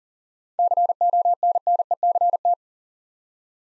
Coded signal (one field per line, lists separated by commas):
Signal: Morse code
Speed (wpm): 38 wpm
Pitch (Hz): 700 Hz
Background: none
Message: CONNECT